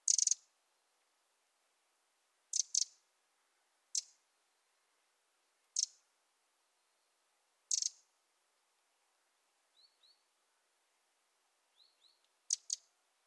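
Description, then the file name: Eurasian wren giving hard, dry ticking calls, single or doubled, spaced a few seconds apart, with a few faint thin high notes between them. "Troglodytes troglodytes"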